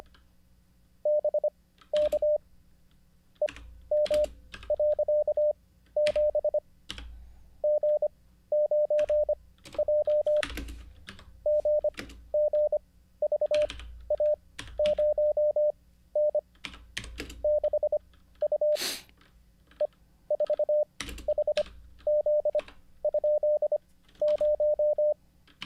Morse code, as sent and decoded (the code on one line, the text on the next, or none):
-... -.- / . -- .-.-.- --... / --. ----. .--- / --. --. ...- .- ----- -. / -.... ..- / . ....- .... --.. ..--.. -----
BK EM.7 G9J GGVA0N 6U E4HZ?0